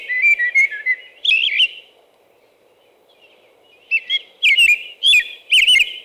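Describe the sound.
American robin song, a few caroled whistled phrases, a two-second silence, then a renewed burst of loud, rising and falling whistles.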